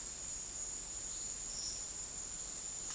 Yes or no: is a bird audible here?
no